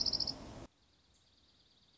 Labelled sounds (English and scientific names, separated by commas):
Dark-eyed Junco (Junco hyemalis)